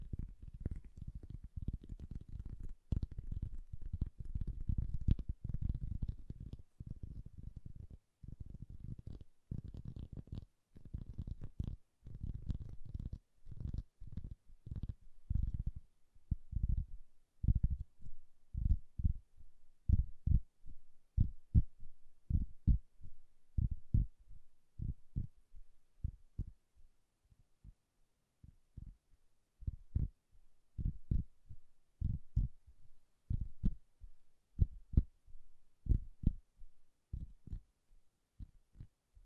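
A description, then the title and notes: Soft, bassy tapping runs through the whole recording, each tap a dull low thump with little brightness. Early on the taps come densely and blur together, then from about fifteen seconds they thin into separate, irregular knocks with short silences between them. ASMR Bassy and Soft Tapping Sounds.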